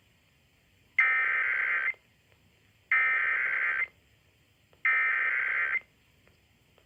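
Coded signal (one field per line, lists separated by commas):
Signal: Emergency Alert System (SAME) tones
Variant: header bursts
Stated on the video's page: Required Weekly Test sent on a broadcast station.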